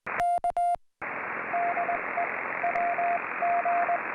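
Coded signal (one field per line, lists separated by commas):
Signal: Morse code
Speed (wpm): 19 wpm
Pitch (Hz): 700 Hz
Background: radio noise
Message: K DE WG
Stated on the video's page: CW from a winter Summits on the Air activation, portable in cold and wind.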